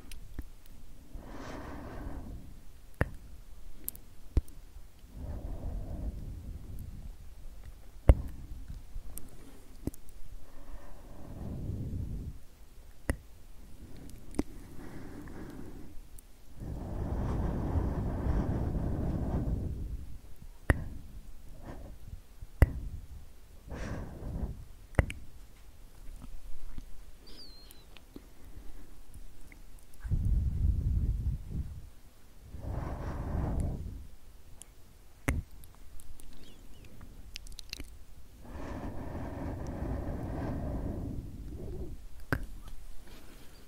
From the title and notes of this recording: Super Slow & Tingly SkSk from Ear to Ear Sleepy ASMR for Relaxation & White Noise.